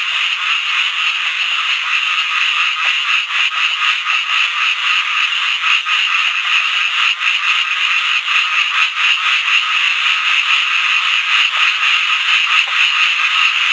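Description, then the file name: Butler's narrow-mouthed frog calls as a dense rattling chorus, rapid raspy pulses running without pause across the whole stretch. "Microhyla butleri"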